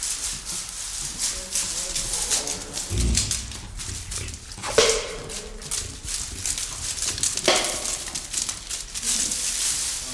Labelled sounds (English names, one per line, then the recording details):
White-lipped Peccary
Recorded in captivity
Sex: diverse
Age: diverse
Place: Zoo Berlin, Berlin, DE
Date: 1996-02-24 12:46
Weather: heiter, -6°C
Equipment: Sony WM-D6C, Sennheiser ME 80, Kopie Uher 4000 Report Monitor
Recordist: Tembrock, Günter